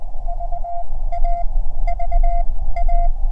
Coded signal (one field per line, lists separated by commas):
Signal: Morse code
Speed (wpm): 20 wpm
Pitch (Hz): 690 Hz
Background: none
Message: VA VA